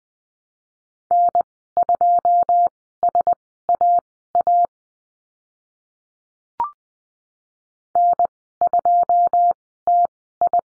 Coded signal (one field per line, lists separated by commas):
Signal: Morse code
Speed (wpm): 20 wpm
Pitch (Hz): 700 Hz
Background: none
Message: N2SAA N2TI